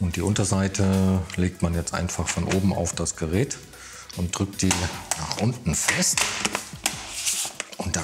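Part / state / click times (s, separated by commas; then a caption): plastic bottom cover clips into laptop chassis / seated / 6.9 s, 7.6 s, 7.9 s. Someone talks as the plastic bottom cover of a Lenovo IdeaPad 3-15IML05 laptop is laid on from above and pressed down firmly, including in the middle, so that everything snaps back into place. Sharp clicks at 6.9 s, 7.6 s and 7.9 s are its plastic clips snapping into the laptop chassis, and the cover is seated.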